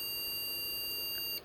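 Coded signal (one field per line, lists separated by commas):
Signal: beep code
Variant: MSI motherboard POST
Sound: one long steady high-pitched beep that cuts off just before the end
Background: faint room noise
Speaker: gonna reinstall just the CPU with no ROM and try that next okay just the CPU no run power led long beep long beep long beep three long beeps okay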